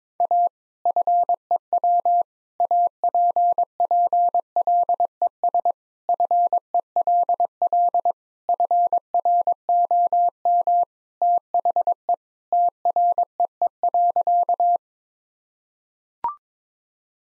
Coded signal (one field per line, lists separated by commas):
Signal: Morse code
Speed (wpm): 22 wpm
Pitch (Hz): 700 Hz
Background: none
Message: A FEW APPLES FELL FROM THE TREE.